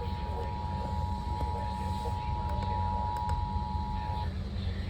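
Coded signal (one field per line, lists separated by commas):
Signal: Emergency Alert System (SAME) tones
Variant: 853 and 960 Hz attention tone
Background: speech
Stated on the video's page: Severe thunderstorm warning SAME tones received on NOAA weather radio.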